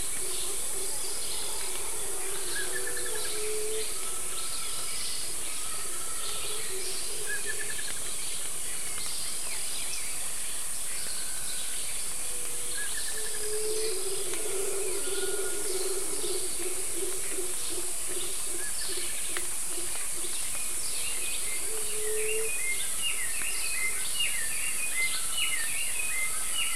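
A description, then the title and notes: Birds call through a wet jungle, with a steady, bright hiss of insects filling the upper range throughout. Low hooting notes recur, strongest around the middle, while scattered higher chirps and a quick rattling series sound near the end. Bellbirds, oropendola , white throated capuchin, resplendent quetzal, sunbittern and falcons are heard through the wet jungle.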